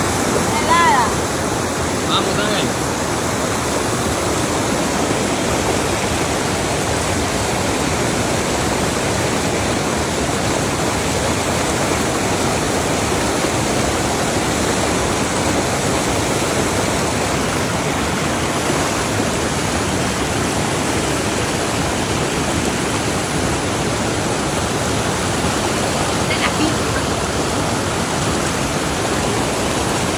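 Water rushes steadily down a natural rock slide in a river, a dense, unbroken roar that fills the lows and highs alike and holds the same level for the full thirty seconds. Brief faint sounds break through near the start and again around 26 seconds.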